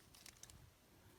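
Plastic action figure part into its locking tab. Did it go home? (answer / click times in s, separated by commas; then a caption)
no / none. The matching plastic part on the other side of a Transformers Legacy United Infernac Universe Magneous figure is brought up toward its locking tab. A few faint, short ticks of handling sound between about 0.2 and 0.5 s over a quiet background. Nothing has clicked into place yet.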